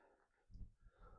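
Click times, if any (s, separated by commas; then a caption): none. A fold-out extension piece of a ChiroLux Pro Deluxe portable treatment table is handled at the end of the table frame, about to be pushed into its end socket. Quiet low rumbling handling noise swells into a dull thump around 0.5–0.7 s, then softer shuffling follows. Nothing has seated or clicked yet.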